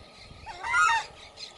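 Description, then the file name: Southern screamer uttering a single loud, rising trumpeting honk lasting about half a second, with a faint continuous hum behind it. "canto da anhuma poca"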